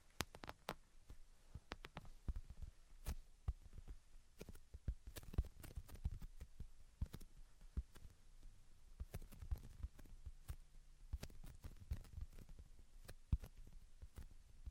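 Tapping and scratching sounds come in irregular clusters throughout, sharp clicks over soft low thumps and rubbing. The taps bunch together in quick bursts around the middle and later on, with brief pauses between. A faint steady hiss sits underneath.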